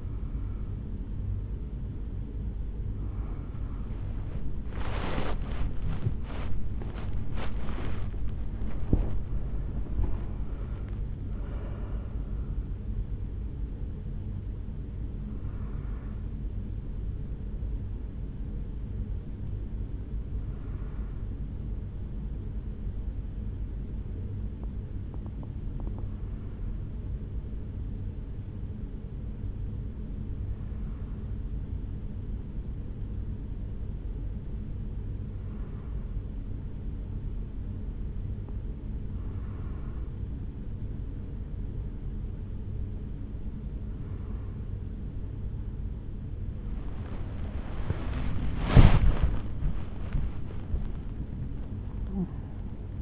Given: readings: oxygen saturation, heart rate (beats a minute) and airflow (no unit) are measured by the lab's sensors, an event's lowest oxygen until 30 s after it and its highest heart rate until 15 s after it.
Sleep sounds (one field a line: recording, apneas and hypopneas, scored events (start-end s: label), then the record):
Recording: a person awake in a sleep study, by a smartphone at the bedside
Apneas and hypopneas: none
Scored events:
0.00-53.02 s: awake
From the record:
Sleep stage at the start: awake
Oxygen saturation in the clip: 90 to 97%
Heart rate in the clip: 64 to 80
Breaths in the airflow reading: 14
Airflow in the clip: -6.8 to 6.4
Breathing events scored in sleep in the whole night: 449 in 7.0 hours asleep